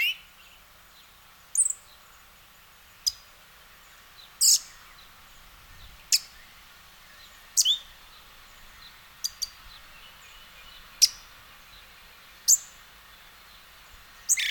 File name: Western red legged thrush